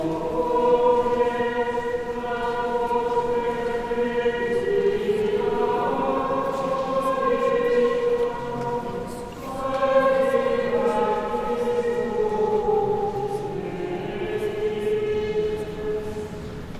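Inside the Basilique Saint-Sernin de Toulouse, sustained rich chords, likely organ or voices, shift every few seconds, pausing briefly near nine seconds amid reverberant hall sound.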